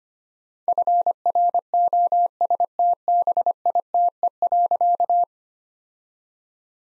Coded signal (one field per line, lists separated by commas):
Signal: Morse code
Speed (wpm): 25 wpm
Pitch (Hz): 700 Hz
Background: none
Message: FROSTBITE.